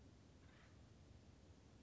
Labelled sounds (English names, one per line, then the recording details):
Acorn Woodpecker
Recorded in Sonoma County, California